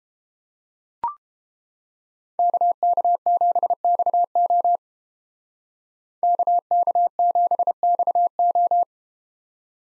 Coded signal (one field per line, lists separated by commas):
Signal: Morse code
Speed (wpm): 30 wpm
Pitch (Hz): 700 Hz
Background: none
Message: KK7XO KK7XO